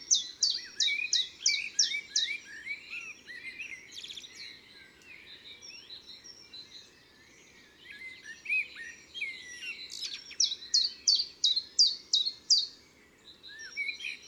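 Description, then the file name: Common chiffchaff song: a quick run of sharp, repeated chirping notes about three per second, then a busy chorus of other birds, then another chiffchaff run. Recorded in woods and forests. "Pouillot veloce Chants doiseaux des bois et des forets"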